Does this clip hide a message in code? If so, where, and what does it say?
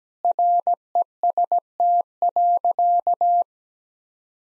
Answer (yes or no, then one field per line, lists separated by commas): yes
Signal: Morse code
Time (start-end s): 0.2-3.4 s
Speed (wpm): 17 wpm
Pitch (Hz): 700 Hz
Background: none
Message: REST.